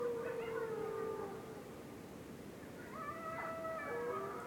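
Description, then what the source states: Wolf: wolves howling faintly, a long falling howl at the start and a cluster of overlapping howls near the end, with steady background hiss between. Distant wolves howling in a winter forest on a dark moonlit night, North Laurentian Woods, Canada.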